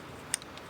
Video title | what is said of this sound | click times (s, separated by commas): EZ Connector, Inc - 7 Wire Magnetic Trailer Plug Installation with S7 60B2 Mounting Clips | Okay, there's a click. | 0.3 s